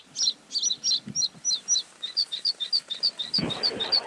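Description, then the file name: Bluethroat song: quick, high chipping notes that shift pitch partway through and continue briskly, with a rustle near the end. "gorge bleue"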